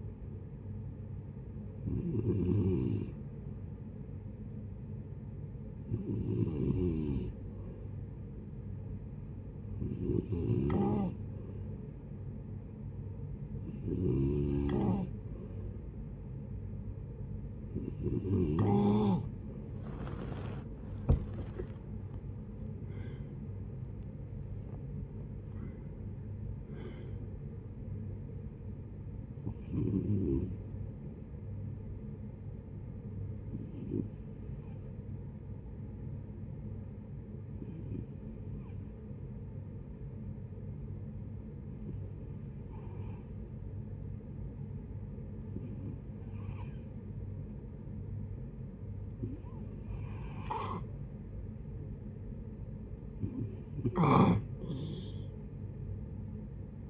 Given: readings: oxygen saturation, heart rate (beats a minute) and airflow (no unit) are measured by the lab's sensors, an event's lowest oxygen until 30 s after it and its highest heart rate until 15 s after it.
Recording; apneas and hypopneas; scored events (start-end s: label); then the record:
breathing in sleep by a smartphone at the bedside; 2
10.00-27.30 s: hypopnea (N2, oxygen 93% highest, then 92% lowest)
31.00-56.90 s: new sleep stage, N1 (lightest sleep)
36.00-51.20 s: hypopnea (N1, oxygen 95% highest, then 90% lowest, heart rate 69 at the start, 69 highest)
From the record:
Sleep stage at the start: N2 (light sleep); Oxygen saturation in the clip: 92 to 95%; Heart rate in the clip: 57 to 72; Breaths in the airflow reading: 14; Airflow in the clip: -8.7 to 7.2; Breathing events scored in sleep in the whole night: 496 in 5.4 hours asleep